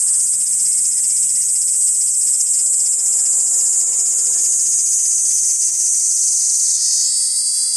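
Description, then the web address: Kaempfer cicada giving a sustained high, rasping drone that stays even, briefly wavering near the end. "ニイニイゼミ. arpla 自然音研究室"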